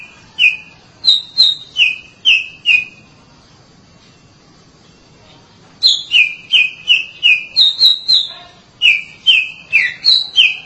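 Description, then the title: Oriental magpie-robin delivering evenly spaced, downslurred whistles, six in a row, a three-second pause, then a longer, quicker string of similar notes. "Suara Kicauan Burung Kacer"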